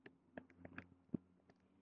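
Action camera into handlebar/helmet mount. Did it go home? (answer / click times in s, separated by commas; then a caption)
no / none. An action camera is pushed into its plastic handlebar or helmet mount on a Ninja 250R motorcycle. Short scraping knocks and taps sound at about 0.1, 0.4, 0.5, 0.7 and 0.8 seconds, with a duller, heavier thump at 1.2 seconds. The camera has not clicked into the mount yet.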